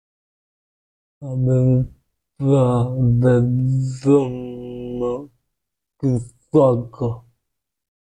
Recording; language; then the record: elicited speech; Bengali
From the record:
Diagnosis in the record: Broca's or global aphasia after a stroke